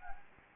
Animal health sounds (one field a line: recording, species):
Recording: mosquito wingbeat signal from an infrared sensor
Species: Anopheles gambiae